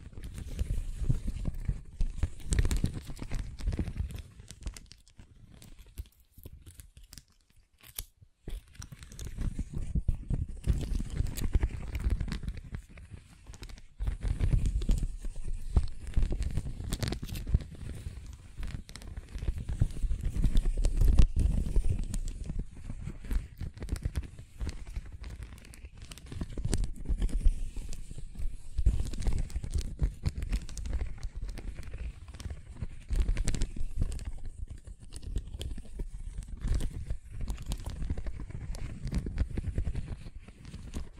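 Scratching and tracing strokes rasp on and off, dense low scraping swelling in waves with a brief quiet gap around eight seconds.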